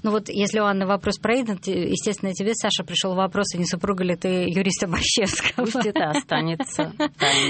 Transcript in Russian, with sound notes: Ну вот если у Анны вопрос про Иден, естественно, тебе, Саша, пришел вопрос, а не супруга ли ты юриста Барщевского? (смеется) Пусть это останется тайной.